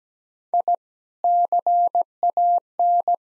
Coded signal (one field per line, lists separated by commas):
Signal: Morse code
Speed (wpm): 17 wpm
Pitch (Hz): 700 Hz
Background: none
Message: I CAN